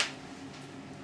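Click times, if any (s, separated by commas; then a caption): 0.0 s. A UMP-style polymer folding stock on an airsoft MP5 is folded to the right and snaps into its side-lock latch on the receiver. A single sharp click is heard at 0.0 s, followed by quiet background hum. The stock locks securely in place.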